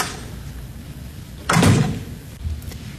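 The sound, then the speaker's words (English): A back door swings shut as a visitor leaves, with a single solid thud and a brief rattle, loud against a quiet background hum, followed by a faint softer knock a moment later. “I'll use the back door.”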